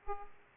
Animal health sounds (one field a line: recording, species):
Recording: mosquito wingbeat signal from an infrared sensor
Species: Aedes aegypti